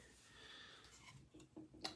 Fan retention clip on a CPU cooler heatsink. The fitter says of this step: light yeah I didn't hear a click but I saw clicking it wasn't too loud